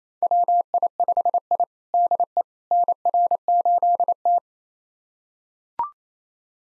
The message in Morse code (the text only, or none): WI5I DE NR8T